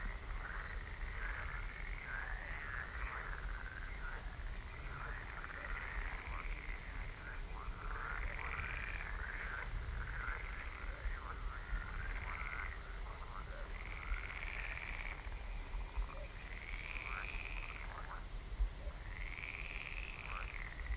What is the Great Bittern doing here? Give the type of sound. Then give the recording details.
call. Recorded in the wild. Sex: male. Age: adult. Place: Parsteiner See, Barnim, Brandenburg, DE. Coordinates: 52.9583, 13.9842. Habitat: reed. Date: 2006-05-09 22:03. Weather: klare Nacht, 15°C, schwacher bis mäßiger Nordwind. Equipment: Marantz PMD 660, Sennheiser MKH 70, -20dB, Windkorb. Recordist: Frommolt, Karl-Heinz